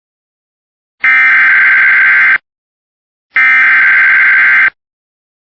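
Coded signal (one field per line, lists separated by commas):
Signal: Emergency Alert System (SAME) tones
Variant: header bursts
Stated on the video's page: EAS alerts received on a WR300 weather radio.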